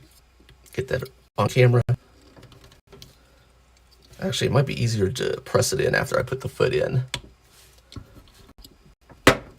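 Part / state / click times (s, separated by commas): plastic ankle ball joint pressed into a figure's foot / seated / 9.3 s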